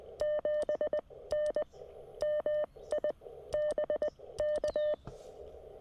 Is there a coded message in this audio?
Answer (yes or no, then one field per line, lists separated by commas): yes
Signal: Morse code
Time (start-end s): 0.2-4.9 s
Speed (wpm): 20 wpm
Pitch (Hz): 590 Hz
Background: none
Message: 7N MI BK